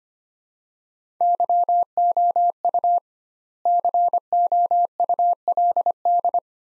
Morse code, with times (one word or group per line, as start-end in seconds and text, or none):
1.2-3.0 YOU
3.7-6.4 COULD